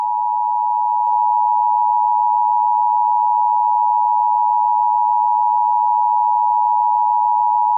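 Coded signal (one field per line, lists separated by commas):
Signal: Emergency Alert System (SAME) tones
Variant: 853 and 960 Hz attention tone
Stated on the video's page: Simulated EAS alerts in a fictional audio drama, with a rain backdrop.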